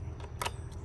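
The carrying strap's metal or plastic snap hook on a SOMOREI cordless leaf blower is clipped onto the small ring on the blower's side. A sharp click at 0.4 s, with a quick second tick right after, stands out against low background hum. The hook is seated on the ring.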